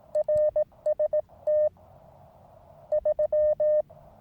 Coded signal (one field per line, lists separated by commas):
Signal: Morse code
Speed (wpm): 18 wpm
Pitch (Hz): 1800 Hz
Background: none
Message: RST 3